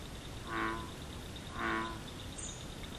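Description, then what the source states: Bullfrog calls, two deep croaks about a second apart, over steady background noise and a faint steady high tone. Bullfrogs at Collins Pond.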